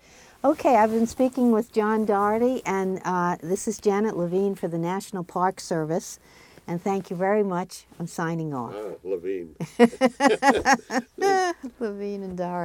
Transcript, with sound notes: Okay I've been speaking with John Doherty and this is Janet Levine for the National Park Service, and thank you very much. I'm sighing off.
Ah Levine.
(Both laugh) Levine and Doherty.